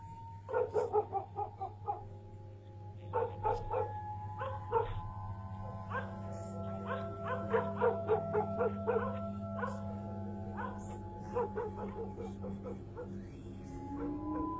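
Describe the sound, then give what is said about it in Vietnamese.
Several village dogs bark and yip in a chaotic, overlapping jumble, short sharp high-pitched bursts tumbling over one another at uneven intervals above a steady low hum, with a faint whimper mixed in. “Bỗng nhiên lúc ấy ở ngoài đường có tiếng người ta la hét, tiếng chó ở trong làng sủa lên nhấm nha nhấm nhẳng tán loạn cả lên.”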